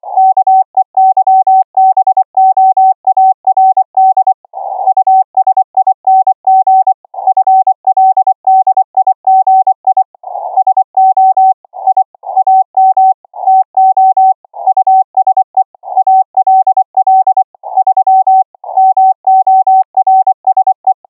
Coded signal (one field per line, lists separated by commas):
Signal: Morse code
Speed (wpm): 25 wpm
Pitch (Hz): 760 Hz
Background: none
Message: KEYBOARD USING FLDIGI SO I AM TO USE ALL 3 MORSE